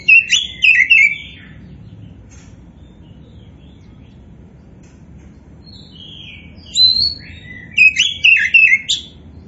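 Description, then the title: Oriental magpie-robin delivers a short burst of twisting whistled notes, falls silent for several seconds, then resumes with another varied, chattering phrase. A 'kacer poci' type magpie-robin described as gacor (singing actively). "Kacer Poci Gacor"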